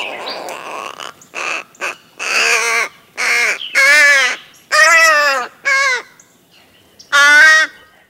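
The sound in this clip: Crow cawing: several harsh, nasal caws, some clipped and some drawn out, spaced irregularly with short pauses between them.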